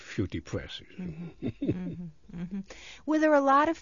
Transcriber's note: he laughs